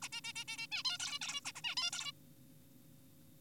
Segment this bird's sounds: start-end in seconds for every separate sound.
0.02-0.09, 0.13-0.21, 0.24-0.33, 0.36-0.44, 0.48-0.67, 0.72-0.83, 0.85-0.98, 1.00-1.19, 1.22-1.41, 1.45-1.52, 1.55-1.61, 1.64-1.75, 1.77-1.91, 1.93-2.12